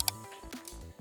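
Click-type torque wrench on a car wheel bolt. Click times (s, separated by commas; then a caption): 0.0 s, 0.1 s. A click-type torque wrench set to 175 tightens a wheel bolt on a Tesla Model 3 car wheel, giving a sharp double click at 0.0 and 0.1 s as the setting is reached. A few fainter, softer taps follow. The bolt is confirmed torqued to 175.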